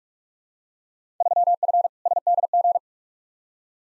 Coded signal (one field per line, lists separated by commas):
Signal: Morse code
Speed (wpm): 46 wpm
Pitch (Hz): 700 Hz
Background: none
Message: 3F SDG